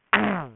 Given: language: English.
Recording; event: throat vibration sensor signal played as sound; throat clearing